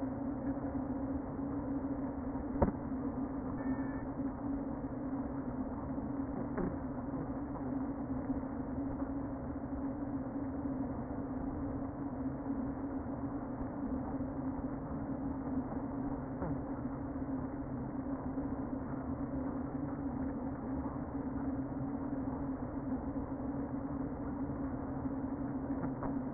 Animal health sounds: honeybee colony, microphone inside the hive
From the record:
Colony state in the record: queen present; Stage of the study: before two queens were removed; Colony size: about 60,000 bees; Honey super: yes

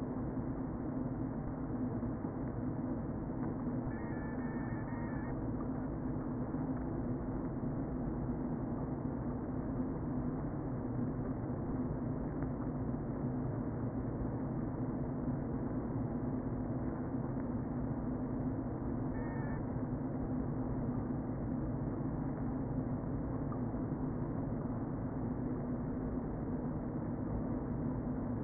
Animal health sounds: honeybee colony, microphone inside the hive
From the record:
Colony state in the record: queen present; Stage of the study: before two queens were removed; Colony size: about 60,000 bees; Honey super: yes

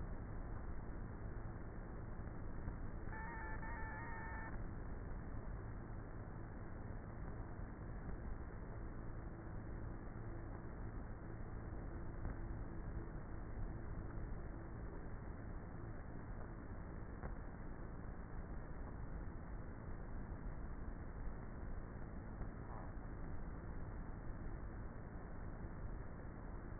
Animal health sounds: honeybee colony, microphone inside the hive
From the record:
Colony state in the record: queenless with a low population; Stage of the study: before two queens were removed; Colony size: about 30,000 bees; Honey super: no

